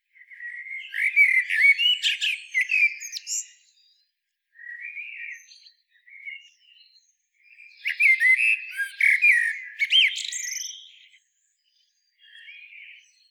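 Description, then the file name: Common blackbird singing two long phrases mixing low whistles and shrill squeaky notes, with soft scattered notes between. "Turdus merula"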